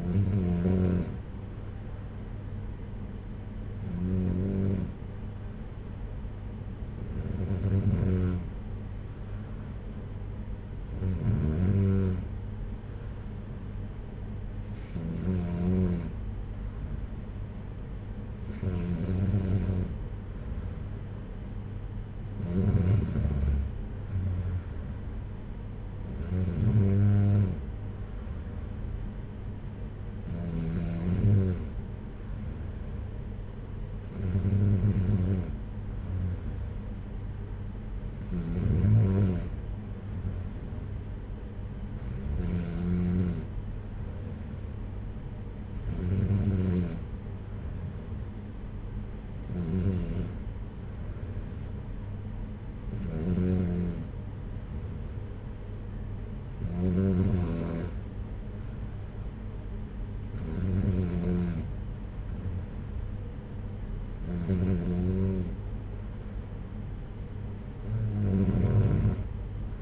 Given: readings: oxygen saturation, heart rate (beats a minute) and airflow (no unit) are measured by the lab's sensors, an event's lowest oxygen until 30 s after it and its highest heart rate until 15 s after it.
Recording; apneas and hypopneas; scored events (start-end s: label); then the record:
breathing in sleep by a smartphone at the bedside; none
none scored
From the record:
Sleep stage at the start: N3 (deep sleep); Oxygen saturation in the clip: 94%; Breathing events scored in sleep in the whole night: 226 in 8.8 hours asleep